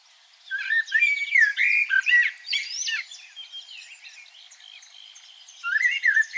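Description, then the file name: Common blackbird song: low fluted warbling phrases followed by high squeaky twitters, then a quiet stretch and another fluted phrase at the end. "Turdus merula"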